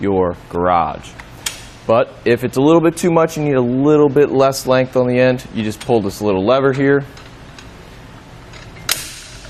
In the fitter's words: and it does snap into place, letting you know that it's nice and secure.